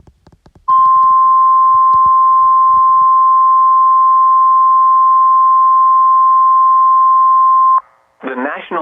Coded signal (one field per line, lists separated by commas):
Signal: Emergency Alert System (SAME) tones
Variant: 1050 Hz attention tone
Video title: EAS Alert #249: Severe TS Warning for 9 IN counties (Jul 16, 2024)